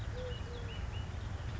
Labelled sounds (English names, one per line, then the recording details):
Eurasian Collared Dove
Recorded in Sonoma County, California